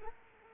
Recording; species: mosquito wingbeat signal from an infrared sensor; Culex quinquefasciatus